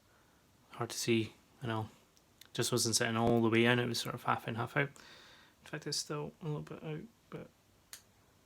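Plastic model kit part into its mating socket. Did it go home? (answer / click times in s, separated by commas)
yes / 7.9 s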